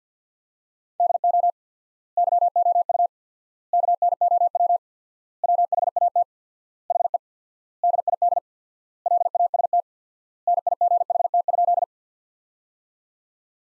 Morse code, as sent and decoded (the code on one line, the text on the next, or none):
-.. --- / -.-- --- ..- / -.- -. --- .-- / .-- .... .- - / .... . / -.. .. -.. / .-.. .- ... - / -. .. --. .... - ..--..
DO YOU KNOW WHAT HE DID LAST NIGHT?